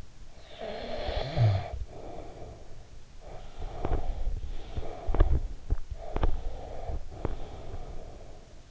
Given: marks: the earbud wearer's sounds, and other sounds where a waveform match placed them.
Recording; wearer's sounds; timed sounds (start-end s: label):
sounds in sleep by an in-ear microphone; snoring breath, breath, teeth grinding
0.00-3.31 s: snoring breath
3.31-8.57 s: breath
3.54-7.71 s: teeth grinding